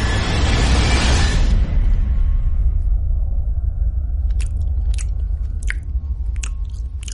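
A man bites and chews a raw human heart: a harsh, crunching burst at first, then a low rumble with irregular wet squelching clicks and smacks, loud and with no voices.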